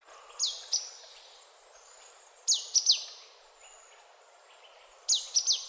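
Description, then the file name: Marsh tit giving quick high downslurred call notes in small clusters of two or three, repeated every few seconds against a soft noisy background. "Poecile palustris"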